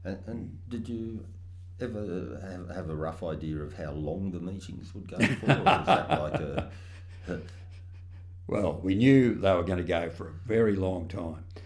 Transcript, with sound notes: And did you ever have a rough idea of how long the meetings would go for… [laughs] Or was that like a…?
Well we knew they were going to go for a very long time.